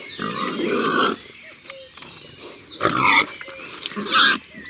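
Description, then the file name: Wild boar giving harsh, drawn-out grunting squeals in three loud bursts. In the forest. "Imagier Sanglier Un jour dans la foret"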